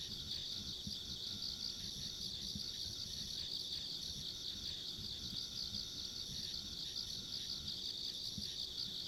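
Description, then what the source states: Insects keep up a dense, high, pulsing chorus without breaks, with a faint higher band and low ambient rumble. Ambient insect sounds along a rural country road.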